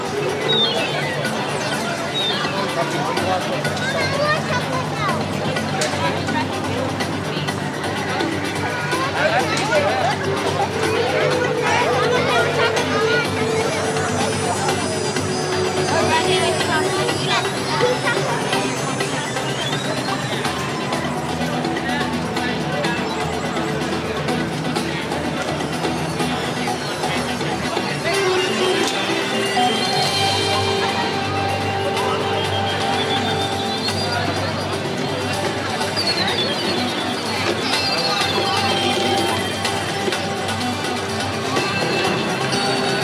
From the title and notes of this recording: Disneyland - Tomorrowland (Partial). From the former Cosmic Waves area on a bench facing The Observatron. Disneyland’s Tomorrowland Background Music.